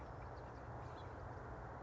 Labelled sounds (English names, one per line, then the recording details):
House Finch
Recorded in Sonoma County, California